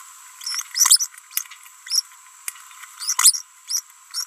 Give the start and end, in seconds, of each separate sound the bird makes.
0.42-0.62, 0.75-1.06, 1.87-2.02, 2.98-3.15, 3.19-3.42, 3.68-3.81, 4.11-4.24